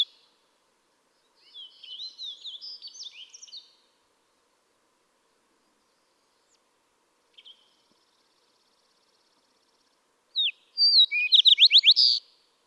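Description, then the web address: Fox Sparrow singing: a softer jumble of warbled notes first, then a pause, then a loud phrase of sweet whistles and rapid slurs near the end. "birdsongforthecurious songs Fox Sparrow"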